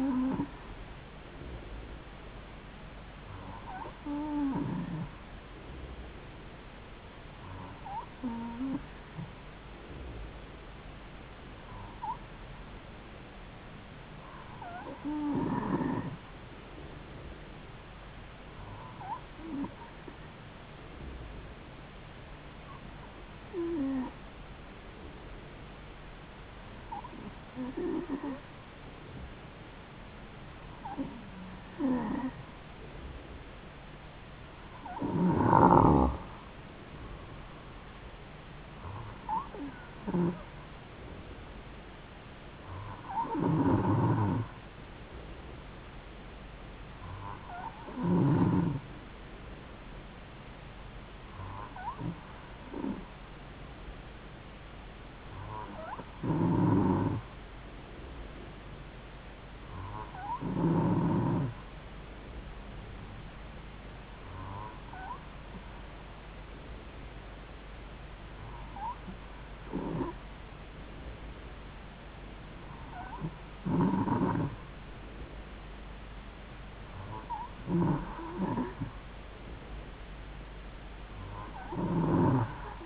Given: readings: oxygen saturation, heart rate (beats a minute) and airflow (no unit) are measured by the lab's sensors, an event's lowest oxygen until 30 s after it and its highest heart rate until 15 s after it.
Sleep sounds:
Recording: breathing in sleep by a voice recorder at the bedside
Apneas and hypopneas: none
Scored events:
73.00-82.86 s: new sleep stage, N3 (deep sleep)
From the record:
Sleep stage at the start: N2 (light sleep)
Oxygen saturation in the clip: 91 to 93%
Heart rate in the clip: 69 to 74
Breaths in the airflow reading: 20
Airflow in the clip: -4.0 to 4.1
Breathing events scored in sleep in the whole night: 270 in 6.1 hours asleep

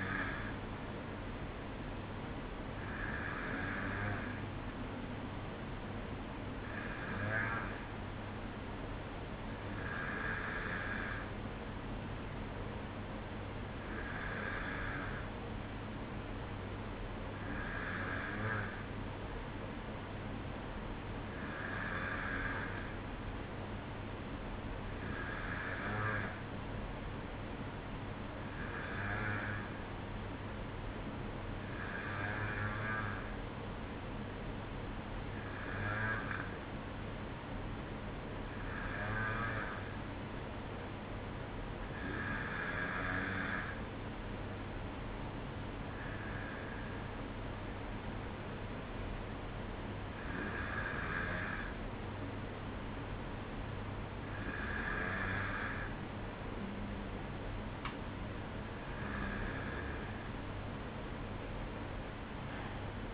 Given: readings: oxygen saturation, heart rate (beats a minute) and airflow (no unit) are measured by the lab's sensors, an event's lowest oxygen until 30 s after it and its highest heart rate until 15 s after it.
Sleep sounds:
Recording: breathing in sleep by a voice recorder at the bedside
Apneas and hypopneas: none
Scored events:
none scored
From the record:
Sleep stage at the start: N1 (lightest sleep)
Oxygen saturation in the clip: 92 to 94%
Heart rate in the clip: 54 to 57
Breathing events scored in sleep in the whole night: 305 in 9.6 hours asleep

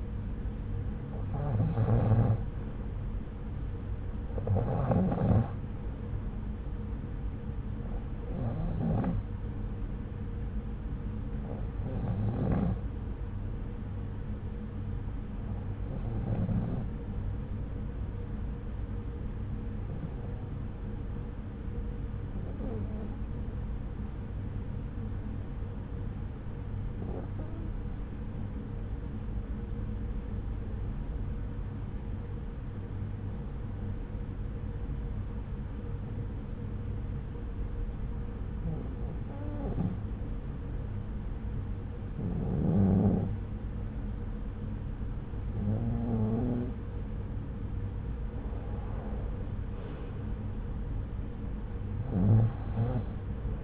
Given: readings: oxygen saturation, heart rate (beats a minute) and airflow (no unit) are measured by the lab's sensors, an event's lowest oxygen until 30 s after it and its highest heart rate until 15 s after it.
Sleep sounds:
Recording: breathing in sleep by a smartphone at the bedside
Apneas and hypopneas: 1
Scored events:
20.00-46.70 s: hypopnea (REM, oxygen 96% highest, then 92% lowest)
From the record:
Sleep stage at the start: REM sleep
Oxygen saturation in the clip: 92 to 96%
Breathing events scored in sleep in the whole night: 303 in 8.1 hours asleep

